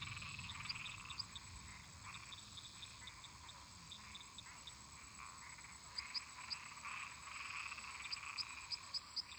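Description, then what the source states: Frogs and toads: frogs calling together in a dense trilling drone, with a few sharp high clicks early on and more of them in the later part. Many toads and frogs calling together in a marsh.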